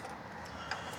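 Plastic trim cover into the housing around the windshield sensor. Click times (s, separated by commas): 0.7 s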